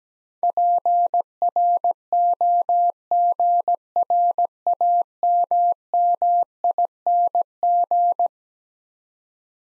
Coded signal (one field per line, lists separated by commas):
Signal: Morse code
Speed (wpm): 17 wpm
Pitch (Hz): 700 Hz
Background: none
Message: PROGRAMMING